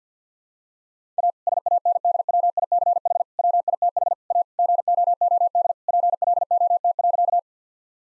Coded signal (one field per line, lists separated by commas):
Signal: Morse code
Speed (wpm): 50 wpm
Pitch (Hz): 700 Hz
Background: none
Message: A SANDWICH WITH A GOOD PLOT.